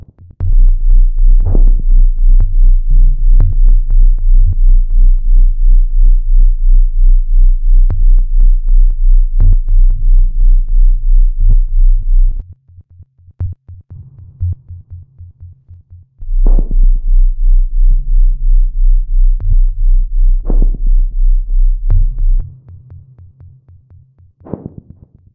Cosmonaut heart beat.